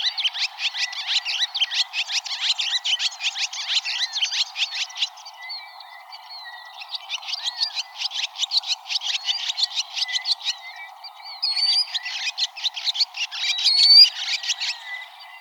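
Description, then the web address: Barn swallow twittering song, a long run of rapid, squeaky, chattering notes in three bouts, with thin high whistles mixed in. Recorded in Arizona. "Larks Swallows BARS. deviche"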